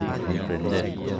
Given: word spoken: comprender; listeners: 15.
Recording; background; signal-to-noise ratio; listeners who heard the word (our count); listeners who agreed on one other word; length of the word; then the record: one Spanish word in noise, from a listening test; eight-talker babble; 0.4 dB; 1 of 15; 6 of 15; 0.81 s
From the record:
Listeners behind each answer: 6, 2, 1, 1, 1, 1, 1, 1, 1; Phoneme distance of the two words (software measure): 44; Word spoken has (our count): 3 syllables, 10 phonemes, stress on syllable 3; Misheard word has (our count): 3 syllables, 8 phonemes, stress on syllable 3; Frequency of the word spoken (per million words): 53.04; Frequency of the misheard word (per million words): 79.93